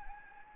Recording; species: mosquito wingbeat signal from an infrared sensor; Anopheles gambiae